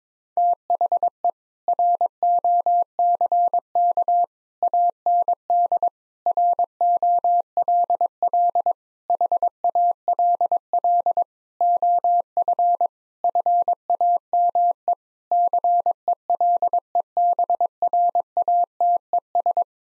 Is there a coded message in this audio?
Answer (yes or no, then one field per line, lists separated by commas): yes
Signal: Morse code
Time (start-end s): 0.4-19.6 s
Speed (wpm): 22 wpm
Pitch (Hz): 700 Hz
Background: none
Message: THE ROCK AND ROLL HALL OF FAME CELEBRATES